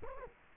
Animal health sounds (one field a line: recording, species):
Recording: mosquito wingbeat signal from an infrared sensor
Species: Culex quinquefasciatus